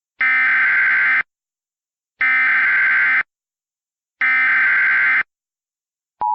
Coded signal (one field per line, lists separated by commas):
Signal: Emergency Alert System (SAME) tones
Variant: header bursts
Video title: *VALID TONES* Hurricane Dorian EAS Compilation